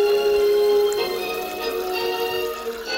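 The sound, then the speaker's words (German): White wine pours steadily from a bottle into a soap dispenser, a continuous gurgling trickle with a hollow ringing tone that holds for about three seconds without any talking. “Ergießt sich rein und dann der Seifenspender funktioniert auch schon.”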